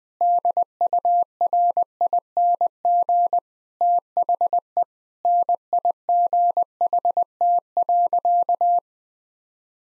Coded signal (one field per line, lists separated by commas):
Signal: Morse code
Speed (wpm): 20 wpm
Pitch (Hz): 700 Hz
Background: none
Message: DURING THE NIGHT.